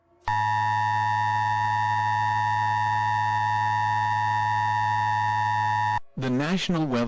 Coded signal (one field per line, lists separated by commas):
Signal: Emergency Alert System (SAME) tones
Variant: 853 and 960 Hz attention tone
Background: speech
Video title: 500AT Tornado EAS